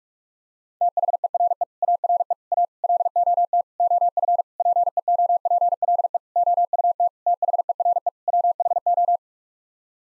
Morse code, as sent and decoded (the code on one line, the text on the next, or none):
- .... . .-. . / .- .-. . / .- / .-.. --- - / --- ..-. / .--. . --- .--. .-.. . / --- ..- - / - .... . .-. . / .-- .... ---
THERE ARE A LOT OF PEOPLE OUT THERE WHO